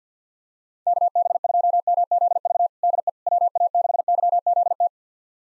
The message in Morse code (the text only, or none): KB2MZV DE WA6YZT